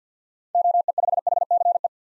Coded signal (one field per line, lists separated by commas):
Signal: Morse code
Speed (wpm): 50 wpm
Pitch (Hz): 700 Hz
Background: none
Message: OE5HCE